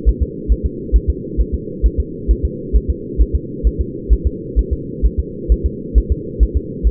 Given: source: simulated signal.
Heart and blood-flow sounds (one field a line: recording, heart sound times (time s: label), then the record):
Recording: fetal heart sounds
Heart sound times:
0.09 s: S1
0.22 s: S2
0.52 s: S1
0.66 s: S2
0.96 s: S1
1.10 s: S2
1.41 s: S1
1.55 s: S2
1.86 s: S1
2.00 s: S2
2.31 s: S1
2.45 s: S2
2.76 s: S1
2.90 s: S2
3.22 s: S1
3.35 s: S2
3.67 s: S1
3.81 s: S2
4.13 s: S1
4.27 s: S2
4.59 s: S1
4.73 s: S2
5.06 s: S1
5.19 s: S2
5.52 s: S1
5.66 s: S2
5.98 s: S1
6.12 s: S2
6.43 s: S1
6.57 s: S2
6.87 s: S1
From the record:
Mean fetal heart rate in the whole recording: 135 bpm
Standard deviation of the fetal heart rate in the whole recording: 3 bpm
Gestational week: 34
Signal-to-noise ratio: -4.1 dB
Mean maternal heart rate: no maternal heart sound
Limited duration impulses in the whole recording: absent